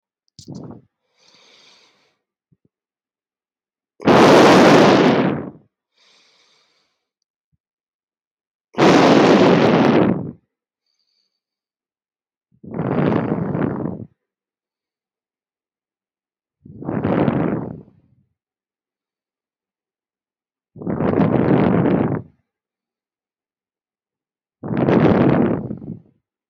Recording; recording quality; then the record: deep breathing; moderate, slight background noise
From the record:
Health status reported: healthy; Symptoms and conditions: asthma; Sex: male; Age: 30 years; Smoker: yes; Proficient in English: yes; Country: India